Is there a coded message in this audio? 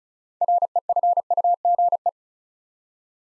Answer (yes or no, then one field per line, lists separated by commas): yes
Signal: Morse code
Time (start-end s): 0.4-2.1 s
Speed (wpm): 36 wpm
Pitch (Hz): 700 Hz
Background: none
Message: REFUGE